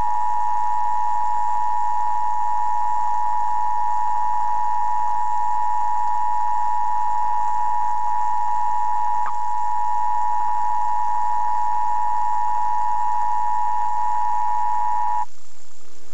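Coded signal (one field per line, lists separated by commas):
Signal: Emergency Alert System (SAME) tones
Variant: 853 and 960 Hz attention tone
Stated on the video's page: Emergency Broadcast System test as aired on a television station.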